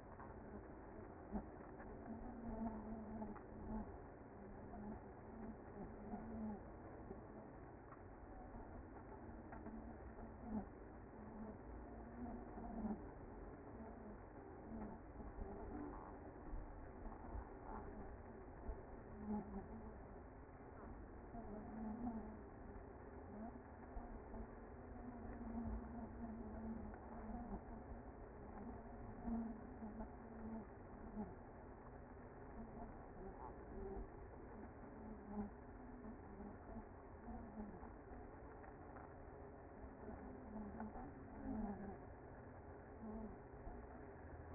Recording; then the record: honeybee colony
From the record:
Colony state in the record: active